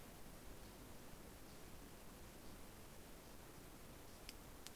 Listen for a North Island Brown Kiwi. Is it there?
no